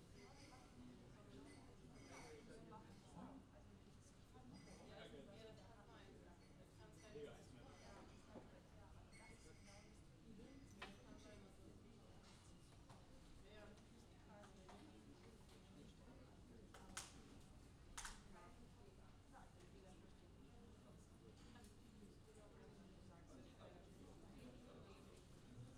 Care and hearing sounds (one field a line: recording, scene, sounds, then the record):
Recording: everyday scene through a hearing-aid microphone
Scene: many people talking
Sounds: many voices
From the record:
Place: university cafeteria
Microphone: in the ear canal, left